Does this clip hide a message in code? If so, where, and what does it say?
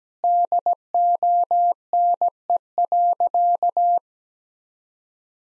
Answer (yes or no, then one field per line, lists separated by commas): yes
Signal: Morse code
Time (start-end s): 0.2-4.0 s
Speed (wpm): 17 wpm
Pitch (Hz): 700 Hz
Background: none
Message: DONE.